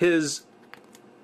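Someone talks briefly, then the second plastic figure arm is pushed into its shoulder socket, with only quiet handling noises after. The arm fits in tight and holds, but nothing has clicked.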